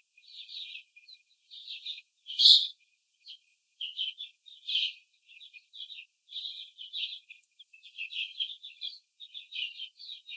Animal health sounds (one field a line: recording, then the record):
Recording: young laying hens in a cage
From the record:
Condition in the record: after the stressor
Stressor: simulated dog barking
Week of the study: 4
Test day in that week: 3